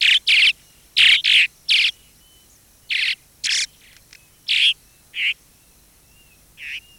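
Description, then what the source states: Southern Martin calls: short bright chirps in pairs and singles, loud and buzzy-edged, spaced irregularly with quiet gaps and faint thin whistles between. Migratory; nests in the Bahía Blanca area in spring and summer under house eaves or in cliff holes; calm pleasant song in flight, loud excited screech when someone approaches the nest.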